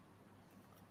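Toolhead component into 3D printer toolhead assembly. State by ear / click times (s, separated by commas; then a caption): not seated / none. A toolhead component is handled and pushed into the toolhead assembly of a Sovol SV08 3D printer toolchanger. Only a steady low hum and faint background noise are heard, with no sharp transients. Nothing has seated or clicked yet.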